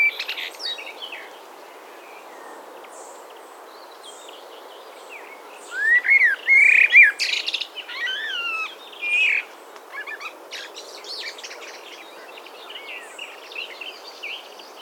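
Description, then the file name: Common blackbird song: a few mellow, fluting warbled phrases midway, with faint high chirps before and after. "Turdus merula"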